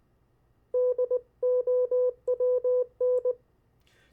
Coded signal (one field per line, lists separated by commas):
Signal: Morse code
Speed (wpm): 19 wpm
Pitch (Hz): 500 Hz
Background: none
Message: DOWN